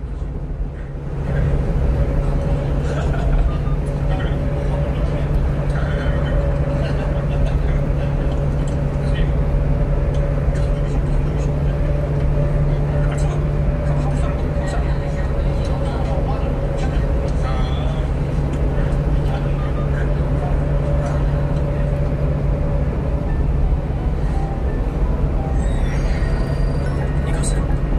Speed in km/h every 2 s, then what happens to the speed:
71, 71, 72, 72, 72, 73, 73, 70, 71, 73, 72, 70, 69, 70.
0-28 steady at about 71.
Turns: none.